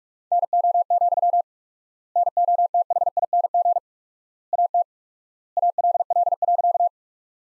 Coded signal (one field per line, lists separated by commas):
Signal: Morse code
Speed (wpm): 42 wpm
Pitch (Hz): 700 Hz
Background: none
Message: NO, NOTHING AT ALL.